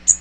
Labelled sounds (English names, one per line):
Magnolia Warbler flight call